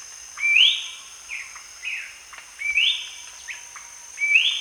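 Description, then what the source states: Ferruginous babbler calls: three bright, rising whistled notes, each trailed by softer clipped notes, over a steady high insect drone. Recorded at Danum on 1 January 2008.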